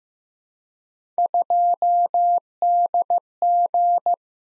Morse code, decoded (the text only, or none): 2DG